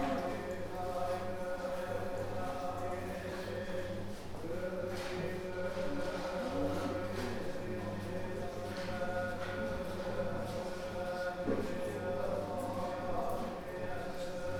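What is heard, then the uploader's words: Inside the Teshima Art Museum, the large room rings with a steady, resonant hum: several held tones layered over a low rumble, one mid-pitched note standing out clearly throughout. Faint taps and soft murmured voices drift through at intervals, softened by the echoing space. Field recordings I made in Japan in 2018. Recordings made inside the remarkable Teshima Art Museum.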